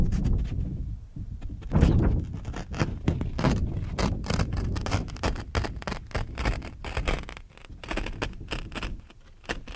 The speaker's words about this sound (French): Et maintenant, on va demander à l'auditeur de ouvrir et de fermer une porte. Voilà.